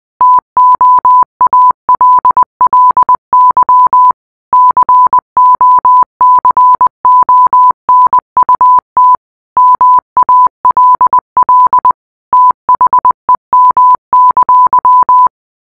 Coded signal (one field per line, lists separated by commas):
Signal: Morse code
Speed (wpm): 20 wpm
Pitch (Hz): 1000 Hz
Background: none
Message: TOALLY COCONUT MALL THEM!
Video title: translate the morse code